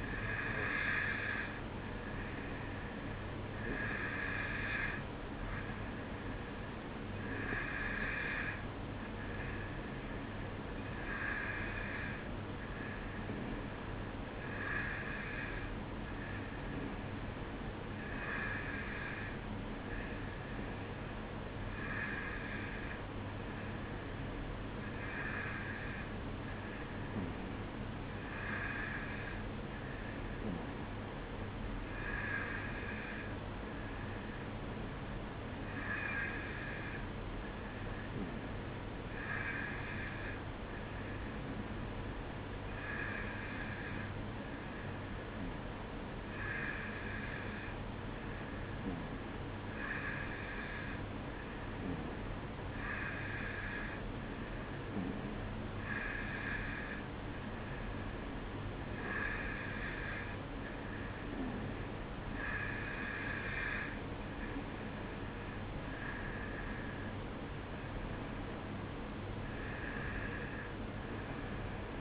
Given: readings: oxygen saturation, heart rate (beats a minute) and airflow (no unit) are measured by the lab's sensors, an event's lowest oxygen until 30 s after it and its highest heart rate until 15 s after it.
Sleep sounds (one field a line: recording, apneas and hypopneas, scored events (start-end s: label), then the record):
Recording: breathing in sleep by a voice recorder at the bedside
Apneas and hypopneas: 1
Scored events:
33.00-65.00 s: hypopnea (N2, oxygen 93% highest, then 92% lowest, heart rate 55 at the start, 58 highest)
67.00-72.01 s: new sleep stage, N1 (lightest sleep)
From the record:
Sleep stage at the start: N2 (light sleep)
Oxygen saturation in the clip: 91 to 93%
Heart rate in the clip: 55 to 59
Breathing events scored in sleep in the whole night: 305 in 9.6 hours asleep